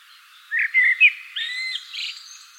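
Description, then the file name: Common blackbird giving a short series of notes: three quick chirps, then a longer slurred whistle and a softer trailing note. "Turdus merula"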